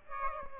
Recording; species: mosquito wingbeat signal from an infrared sensor; Aedes aegypti